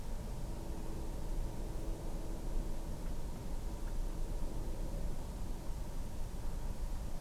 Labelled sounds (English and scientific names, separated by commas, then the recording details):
none
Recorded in France